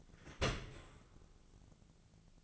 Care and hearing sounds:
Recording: daily activity, microphone in the room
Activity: open dishwasher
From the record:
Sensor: 4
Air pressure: 1001.3 hPa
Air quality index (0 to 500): 181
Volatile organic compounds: 2 ppm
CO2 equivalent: 1292 ppm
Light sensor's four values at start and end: 12/27/11/11 and 11/26/11/11

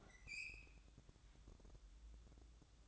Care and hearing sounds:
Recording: daily activity, microphone in the room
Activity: open fridge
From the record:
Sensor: 3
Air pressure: 1007.7 hPa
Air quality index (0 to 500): 72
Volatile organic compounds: 1 ppm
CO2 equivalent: 648 ppm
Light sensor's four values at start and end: 12/28/12/12 and 12/29/12/12

